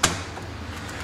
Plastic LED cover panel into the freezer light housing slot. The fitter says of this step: it snapped in place you're going to push